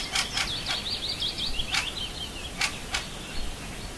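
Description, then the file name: Little bird warbling in a rapid, high, wavering twitter, broken by sharp clicking ticks, with constant background hiss. "Nature Sounds - Little Birds"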